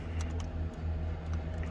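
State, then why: Not seated. A metal radio removal key (prong) is pushed one-handed into the release slot of a Fiat 500 Lounge's car head unit, with a steady low hum underneath. A few faint, short metallic ticks and scrapes are heard as the key slides in and out. It has not latched or clicked into place yet.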